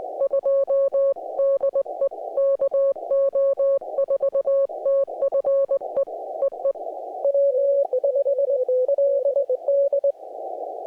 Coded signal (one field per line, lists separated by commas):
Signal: Morse code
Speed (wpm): 19 wpm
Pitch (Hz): 560 Hz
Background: music, radio noise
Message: 2 DE KO4TFE EE W5LD